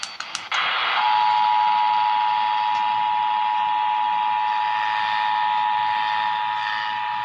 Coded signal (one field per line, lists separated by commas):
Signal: Emergency Alert System (SAME) tones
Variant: 853 and 960 Hz attention tone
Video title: EAS #541-546 - Required Monthly Tests + Special Message